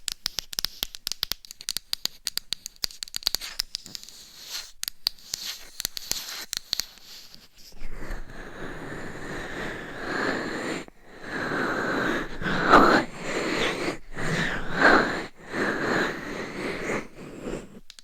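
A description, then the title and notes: Tapping and scratching on a dummy head microphone. For the first seven seconds come rapid, sharp, irregular taps and clicks; after that a dense, steady rubbing and scratching takes over, swelling and easing, with brief pauses near eleven seconds and louder strokes around thirteen and fifteen. Binaural Dummy Head Mic Scratching , Massage & Tapping.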